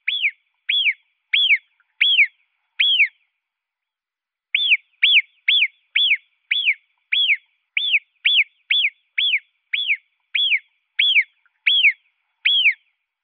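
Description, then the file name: Marmot whistles: sharp, high, down-slurred notes, a run of five, a brief pause, then a longer series; nothing else heard. "Murmeltier"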